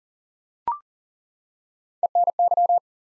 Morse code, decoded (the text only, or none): ENY